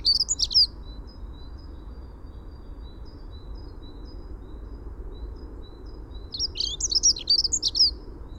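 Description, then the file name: Dunnock song in two short bursts of high, rapid twittering notes, one at the start and one near the end, with faint thin tones and low hum between. "Prunella modularis - Dunnock"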